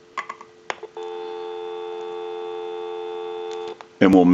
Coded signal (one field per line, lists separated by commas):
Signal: telephone call progress tone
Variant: North America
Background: speech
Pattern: dial tone